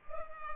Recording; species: mosquito wingbeat signal from an infrared sensor; Culex pipiens